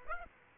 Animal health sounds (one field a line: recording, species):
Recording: mosquito wingbeat signal from an infrared sensor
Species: Aedes aegypti